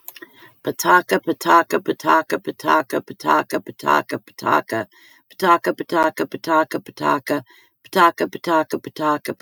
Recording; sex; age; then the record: repeated syllables /pa ta ka/; female; 50 to 59 years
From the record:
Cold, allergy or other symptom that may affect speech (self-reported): no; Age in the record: 53 years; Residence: United States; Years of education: 13